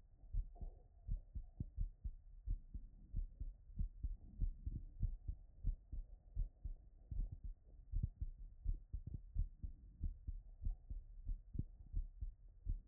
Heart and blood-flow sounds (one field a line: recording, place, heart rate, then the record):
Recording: heart sounds by stethoscope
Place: Erb's point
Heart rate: 86 bpm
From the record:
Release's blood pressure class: hypertension stage 1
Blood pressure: 137/80 mmHg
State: after exercise